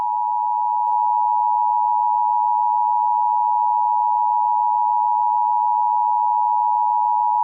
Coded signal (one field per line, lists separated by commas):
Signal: Emergency Alert System (SAME) tones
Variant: 853 and 960 Hz attention tone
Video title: EAS Scenario | The Wither Storm (#94)